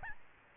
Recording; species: mosquito wingbeat signal from an infrared sensor; Aedes albopictus